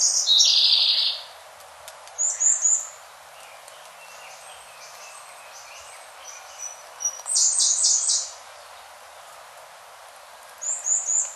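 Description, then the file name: Siberian blue robin song: sharp high phrases at the start, a thin soft warble, a loud rattling trill after seven seconds, then a short high phrase at the end. "koruri"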